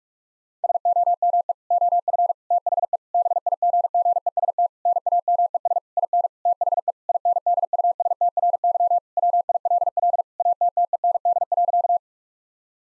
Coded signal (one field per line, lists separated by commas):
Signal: Morse code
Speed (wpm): 46 wpm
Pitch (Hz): 700 Hz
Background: none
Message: SOME OF THE BIGGEST NAMES IN THE INDUSTRY WILL ATTEND.